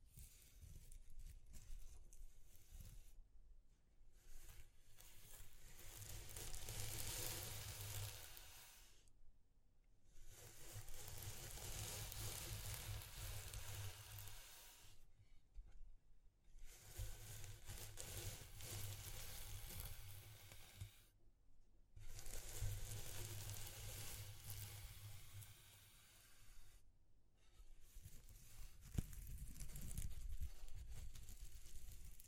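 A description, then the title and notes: Textured, crackling hiss like sizzling or tearing comes in long bursts of about five seconds, broken by brief near-silent gaps at fairly regular intervals. A low, uneven rumble runs beneath each burst, and the grainy surface shifts constantly in density. ASMR Exploring Textures (No Talking).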